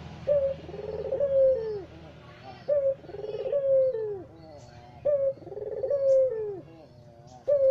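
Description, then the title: Barbary dove coo series: a short note, a vibrating roll, then a long descending tone, repeated regularly about every two and a half seconds. White Barbary dove ('puter putih'), masteran training song used in the Indonesian kicau mania songbird hobby for teaching songbirds. "Kicau Mania Masteran Burung Puter Putih"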